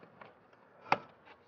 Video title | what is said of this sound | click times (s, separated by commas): Roto stogo langai, patikimi, ilgaamžiai. Paruošti montavimui! Daugiau laisvės. Daugiau komforto. | užsifiksuoja naujo dizaino gražiai atrodo praktiškas patikimas šiltas | 0.9 s